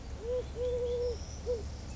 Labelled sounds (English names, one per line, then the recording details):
Eurasian Collared Dove
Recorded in Sonoma County, California